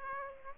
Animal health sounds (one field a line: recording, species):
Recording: mosquito wingbeat signal from an infrared sensor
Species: Aedes aegypti